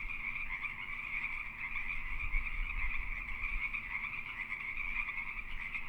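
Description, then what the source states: Many Pacific treefrogs croaking together in a ceaseless raspy chorus, with a low rumble of background noise underneath. Several Pacific treefrogs calling during mating season.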